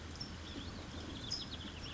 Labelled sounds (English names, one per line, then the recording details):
California Towhee
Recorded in Sonoma County, California